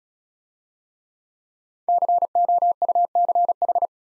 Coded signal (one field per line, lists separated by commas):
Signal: Morse code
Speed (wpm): 35 wpm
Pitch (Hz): 700 Hz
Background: none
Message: COUCH